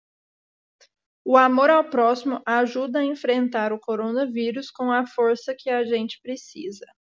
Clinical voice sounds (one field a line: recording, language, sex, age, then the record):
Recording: spoken sentence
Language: Brazilian Portuguese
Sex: female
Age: 20 to 29 years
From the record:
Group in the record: control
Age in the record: 20 years